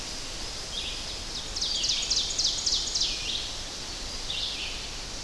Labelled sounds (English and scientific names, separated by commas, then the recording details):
Ovenbird (Seiurus aurocapilla) song
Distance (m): 70 m
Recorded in boreal forest in Alberta, Canada, on 10 June 2016 at 05:49
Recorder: SongMeter 3, array SBT-3-39
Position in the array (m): 208 m, 163 m
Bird 17